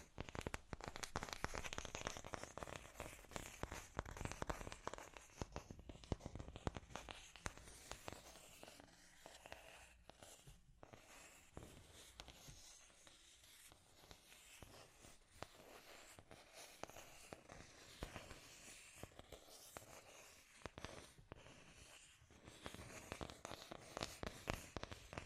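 Scratchy tapping runs through the whole stretch as a dense, irregular crackle of sharp clicks and scrapes. The sound is bright and rough, busiest in the first few seconds, thinning somewhat through the middle with brief gaps near ten seconds, then picking up again toward the end.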